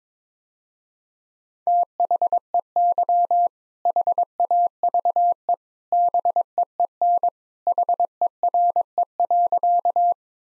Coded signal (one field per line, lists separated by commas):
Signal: Morse code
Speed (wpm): 22 wpm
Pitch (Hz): 700 Hz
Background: none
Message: THEY HAVE BEEN HERE.